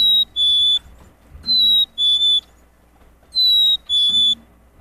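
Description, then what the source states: Black-capped chickadee whistling its pure two-tone 'fee-bee' song, the second note a touch lower, three times with pauses, the first cut off at the start, over a quiet hum. Spring call, a two-tone whistle seeming to say 'Phoebe', 'see me' or 'sweetie'.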